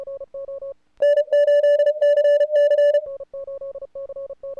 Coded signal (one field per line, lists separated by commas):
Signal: Morse code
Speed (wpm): 34 wpm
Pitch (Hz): 1750 Hz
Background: none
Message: N8CC